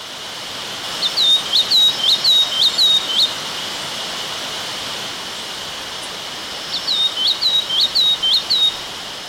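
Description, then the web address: Olivaceous greenlet song: a quick run of short, high, upslurred whistled notes, given twice with a pause of several seconds, over a steady high background hiss. Recorded in Ecuador. "Natures Songs S America Birds of Ecuador Olivaceous Greenlet"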